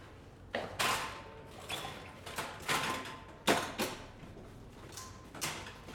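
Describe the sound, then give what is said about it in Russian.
A wheelchair being unfolded by a man in a corridor: an irregular run of metallic clacks, clunks and rattles, with a few sharper snaps standing out among quieter shuffling. No voices are heard. “Сафронов идет по коридору, видит инвалидную коляску, начинает ее раскладывать.”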